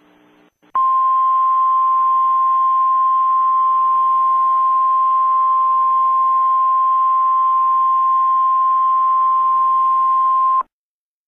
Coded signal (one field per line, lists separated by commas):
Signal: Emergency Alert System (SAME) tones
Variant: 1050 Hz attention tone